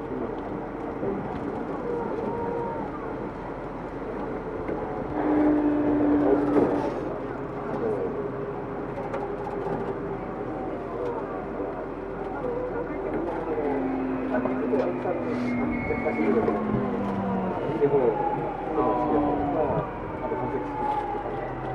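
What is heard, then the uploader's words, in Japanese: Inside a moving commuter train, a steady low rumble carries shifting motor whines that rise and fall, with faint voices in the background. 東急2000系 渋谷〜あざみ野。急行運用を録音。車体9000系とほぼ同様のステンレス鋼製20m級軽量車体の4扉車である。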